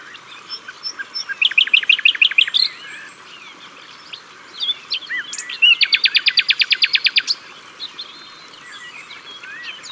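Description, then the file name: Common nightingale song: two loud phrases of rapid, evenly repeated notes, the second a long fast rattle-like series, with soft chirps from other birds between them. At the water's edge. "Rossignol philomele Au bord de leau"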